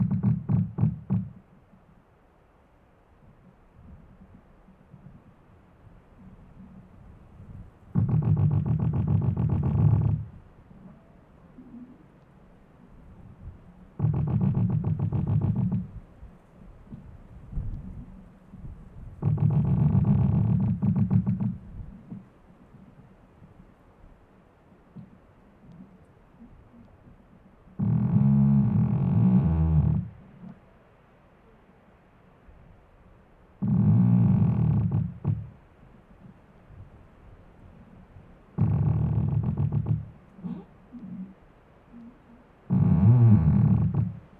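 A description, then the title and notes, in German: A tree creaks and groans in slow, regular strokes, each low, rough moan lasting about two seconds and returning roughly every six seconds. Between the creaks there is only a faint low rumble, like wind. Ein Ohr an einem quietschenden Baum.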